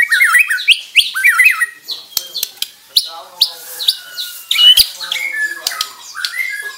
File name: Suara kasar burung murai batu borneo mahkota